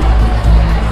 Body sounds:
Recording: background sound without coughing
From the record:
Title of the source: Party Noise 1 Hour Party Ambience

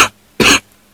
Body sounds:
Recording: coughing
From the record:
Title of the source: 64 coughing, allergies, singing lungs

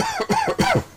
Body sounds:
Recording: coughing mixed with background sound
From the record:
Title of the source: Dry Coughing Fit in the Afternoon.

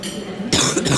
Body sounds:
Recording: coughing mixed with background sound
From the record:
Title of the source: Wet coughing

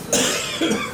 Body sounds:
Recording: coughing mixed with background sound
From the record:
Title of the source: Spring Cold Coughing.

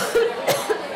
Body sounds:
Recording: coughing mixed with background sound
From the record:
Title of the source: Coughing Woman Sound - Woman Cough Sound Effect

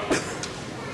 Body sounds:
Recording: coughing mixed with background sound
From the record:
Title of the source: 34 coughing up crap again

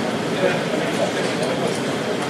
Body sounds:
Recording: background sound without coughing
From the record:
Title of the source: Office Sounds Ambience - Background Noise for Study and Work

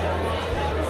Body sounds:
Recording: background sound without coughing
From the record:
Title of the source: CITY SOUNDS Busy Bar in the Evening Night - 2 HOURS of Ambiance for Relaxation

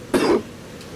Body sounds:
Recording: coughing mixed with background sound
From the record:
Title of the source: Coughing 77

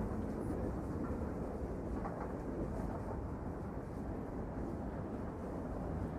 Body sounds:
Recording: background sound without coughing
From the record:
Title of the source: Train Ride Ambience ambient white noise for sleeping, focus, studying, reading

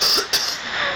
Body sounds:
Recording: coughing mixed with background sound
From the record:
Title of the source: November cold (wet coughing)

